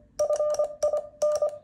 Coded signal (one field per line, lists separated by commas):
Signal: Morse code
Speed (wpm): 23 wpm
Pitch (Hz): 600 Hz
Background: none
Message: FIN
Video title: Typical Morse Contact Vol. 1（一般的なモールス交信 その1）